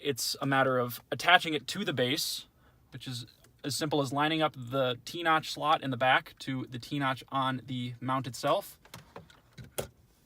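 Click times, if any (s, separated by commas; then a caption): 9.8 s. A plastic wireless charger mount head is lined up by its T-notch slot with the T-notch on its car mount base and pushed down while someone talks. A few small clicks come near the end, then a sharp snap at 9.8 s as the head locks securely onto the base.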